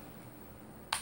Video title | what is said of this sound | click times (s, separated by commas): Short review of my NSR Tactical Essentials kit | and then when you put it back in you got a nice click not uh | 0.9 s